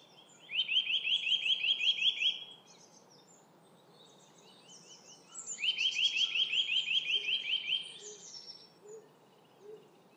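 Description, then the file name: Eurasian nuthatch sounding two rapid trills of upslurred whistles, each about two seconds, amid background birdsong and a few softer low notes. "Sitta europaea"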